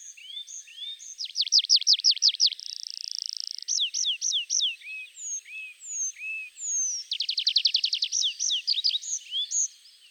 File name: Pipit des arbres